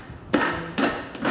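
A lid is pressed down onto the mixing bowl of a kitchen blender and locks shut with a sharp click at 0.3 s. Two further, softer knocks follow at about 0.8 s and 1.2 s. The lid is seated and locked.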